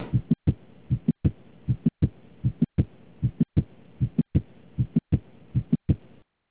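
Regular adult heart sounds at about 78 beats a minute, each cycle carrying an extra sharp click between the first and second sounds. This is mitral valve prolapse alone: a systolic click as the floppy mitral leaflet bows back into the left atrium.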